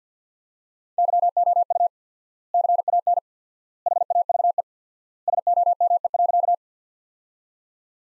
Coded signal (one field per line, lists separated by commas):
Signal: Morse code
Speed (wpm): 50 wpm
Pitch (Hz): 700 Hz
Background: none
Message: YOU CAN HAVE SOME.